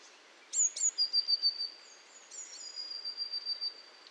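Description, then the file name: Eurasian blue tit calling with two sharp high notes followed by a fast series of thin, high notes, repeated softer a moment later. "Cinciarella"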